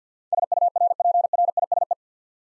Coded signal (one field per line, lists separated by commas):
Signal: Morse code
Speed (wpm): 52 wpm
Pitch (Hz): 700 Hz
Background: none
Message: SURPRISE